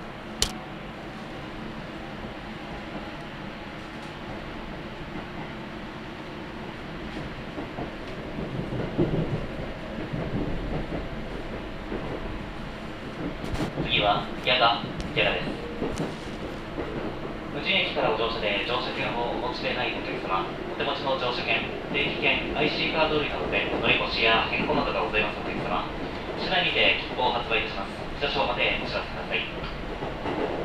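A ride on the Gotemba Line from Yamakita toward Gotemba, with a steady low rumble of the train throughout. Around the middle, voices begin and grow denser, with frequent bright clatters and chatter continuing to the end over the constant running noise.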